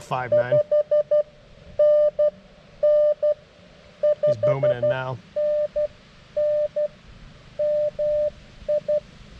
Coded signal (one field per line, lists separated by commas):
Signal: Morse code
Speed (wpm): 17 wpm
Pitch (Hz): 590 Hz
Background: speech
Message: 5NN 5NN MI